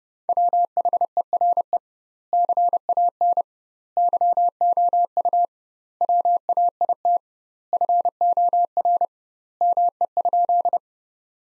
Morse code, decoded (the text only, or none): WHERE CAN YOU WAIT FOR ME?